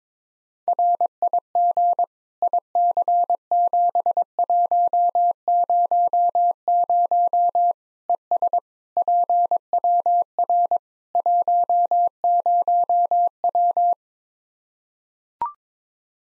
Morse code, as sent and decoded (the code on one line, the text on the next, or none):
.-. .. --. / .. -.-. --... .---- ----- ----- / . ... / .--. .-- .-. / .---- ----- .--
RIG IC7100 ES PWR 10W